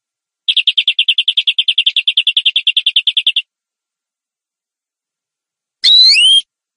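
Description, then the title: Canary song: a rapid, even trill of high notes for about three seconds, then a pause and a brief burst of sweeping whistled notes. "Kenari"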